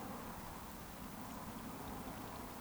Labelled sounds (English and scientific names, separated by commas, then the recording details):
Eurasian Woodcock (Scolopax rusticola) whistle
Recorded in Baden-Württemberg, Germany, on 13 June 2020 at 20:38 UTC
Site 14569, 102 m above sea level